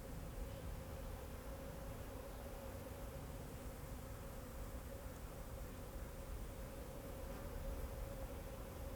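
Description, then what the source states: Bees giving a softer steady buzz, partly covered by a stronger low rumble running throughout. Bees flying around the recordist in Jacques Brelpark, Kersbeeklaan, Vorst, Belgium; train in background; recorded binaurally with a Sennheiser Ambeo binaural headset.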